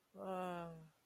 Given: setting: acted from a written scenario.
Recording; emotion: vocal sound without words; guilt